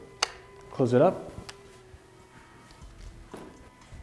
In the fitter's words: now once it once you have it in the slot you're going to slowly push it until you hear another click